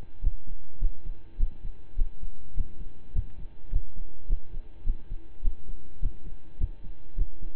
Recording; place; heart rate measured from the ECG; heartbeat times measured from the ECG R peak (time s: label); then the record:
heart sounds by stethoscope; between the tricuspid and mitral areas; 104 bpm
0.21 s: heartbeat
0.79 s: heartbeat
1.37 s: heartbeat
1.95 s: heartbeat
2.54 s: heartbeat
3.12 s: heartbeat
3.70 s: heartbeat
4.27 s: heartbeat
4.84 s: heartbeat
5.42 s: heartbeat
6.00 s: heartbeat
6.57 s: heartbeat
7.15 s: heartbeat
From the record:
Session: slow and fast walking with breaks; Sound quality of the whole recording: saturated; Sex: male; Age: 25 years